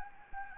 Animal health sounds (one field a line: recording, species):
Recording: mosquito wingbeat signal from an infrared sensor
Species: Anopheles gambiae